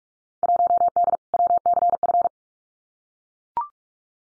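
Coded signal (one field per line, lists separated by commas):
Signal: Morse code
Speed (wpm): 44 wpm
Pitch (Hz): 700 Hz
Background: none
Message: 1D WCF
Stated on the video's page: Morse drill of Field Day exchanges at 45 wpm, each sent, spoken, then sent again for head-copy practice.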